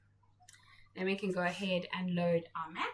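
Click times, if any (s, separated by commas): 0.5 s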